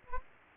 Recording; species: mosquito wingbeat signal from an infrared sensor; Anopheles gambiae